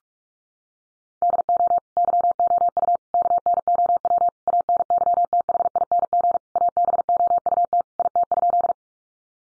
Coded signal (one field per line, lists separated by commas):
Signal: Morse code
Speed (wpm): 44 wpm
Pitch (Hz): 700 Hz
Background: none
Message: DO YOU KNOW ANYTHING ABOUT IT?